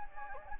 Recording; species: mosquito wingbeat signal from an infrared sensor; Anopheles gambiae